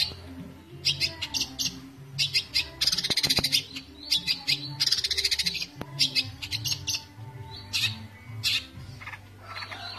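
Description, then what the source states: Long-tailed shrike singing a fast, varied medley of buzzy rattles and clipped chirps in dense bursts, with a constant low droning hum underneath. Combination song style.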